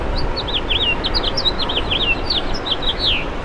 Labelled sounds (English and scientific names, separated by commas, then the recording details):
House Finch (Haemorhous mexicanus) song
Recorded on Long Island, New York, on 7 June 2011
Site MV
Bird B